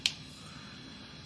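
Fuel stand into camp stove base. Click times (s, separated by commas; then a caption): 0.1 s. A fuel stand is fitted into the base of a portable camp stove and snaps into place with one sharp, bright snap at 0.1 s. After the snap there is only quiet, low background sound, and the stand is seated.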